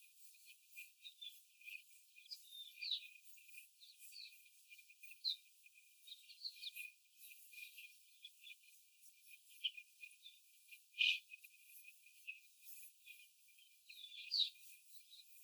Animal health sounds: young laying hens in a cage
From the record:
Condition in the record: after the stressor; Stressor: simulated dog barking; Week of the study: 4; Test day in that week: 1

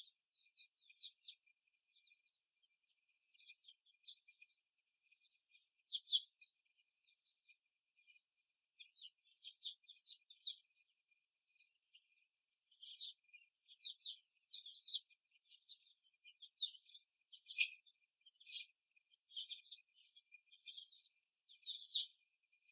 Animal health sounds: young laying hens in a cage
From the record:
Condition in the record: after the stressor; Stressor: simulated dog barking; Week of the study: 1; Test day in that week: 2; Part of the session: 1

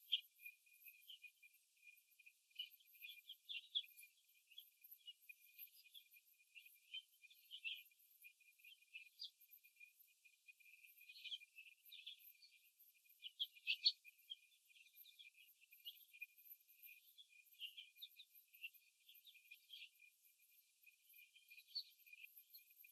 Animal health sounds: young laying hens in a cage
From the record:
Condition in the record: before the stressor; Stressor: simulated dog barking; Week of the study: 2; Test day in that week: 3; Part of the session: 3

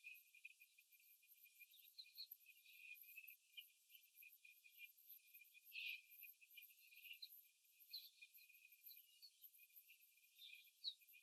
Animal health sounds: young laying hens in a cage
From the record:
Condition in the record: after the stressor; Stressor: simulated dog barking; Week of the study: 3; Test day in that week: 2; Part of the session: 1

